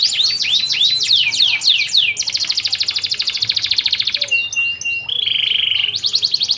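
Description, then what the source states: Canary song: quick descending slurred notes give way to a dense buzzy trill, then sharp clicks and a steady whistled tone before another rolling trill. Master song recording of a canary that was a national champion in a singing contest.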